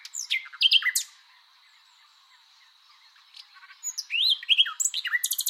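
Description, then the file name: Common nightingale song fragments: sharp chirps and buzzy notes, a pause of about two seconds, then rising whistles and a rapid rattling trill. "Luscinia megarhynchos"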